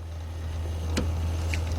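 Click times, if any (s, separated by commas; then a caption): none. During a heater hose T-fitting replacement on a Chevy Suburban, Tahoe, Silverado, GMC Yukon or Sierra 1500, a heater-hose quick connector is being handled and positioned onto the nipple of a plastic coolant T-fitting over a steady low hum. Brief handling taps and scrapes occur at about 1.0, 1.5 and 1.8 seconds. Nothing has snapped or seated yet.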